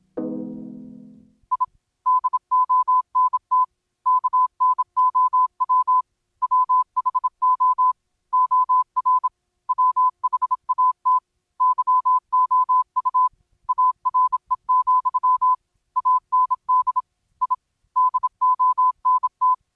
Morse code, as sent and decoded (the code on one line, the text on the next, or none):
.. / -.. --- -. - / -.- -. --- .-- / .-- .... --- / --- .-. / .-- .... .- - / -.-- --- ..- / .- .-. . --..-- / .- -. -.. / .. / -.. --- -. -
I DONT KNOW WHO OR WHAT YOU ARE, AND I DONT